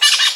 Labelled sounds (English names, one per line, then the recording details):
Brown-throated Parakeet contact call
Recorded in Venezuela
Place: Guárico; Corozopando; Fundo La Fe
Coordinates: 8.506, -67.593